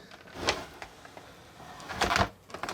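The plastic squeegee handle of a toy dough printer is swept down over the stencil, producing soft scraping and sliding noise with brief knocks around 0.5, 0.8, 2.2 and 2.5–2.7 seconds. The handle does not click at the bottom of its travel; nothing has clicked.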